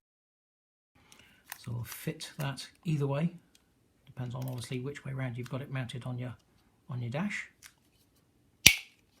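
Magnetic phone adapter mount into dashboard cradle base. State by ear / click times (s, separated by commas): seated / 8.7 s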